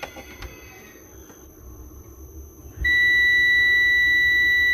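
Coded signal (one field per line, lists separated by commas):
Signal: beep code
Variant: multimeter continuity beep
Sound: quiet room, then one steady high beep starting near 2.8 s, running to the end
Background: room noise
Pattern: 1 long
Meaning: Continuity present: the rejoined wire conducts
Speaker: यानी किय ओके हो गया यहां पर ये तार कटा हुआ था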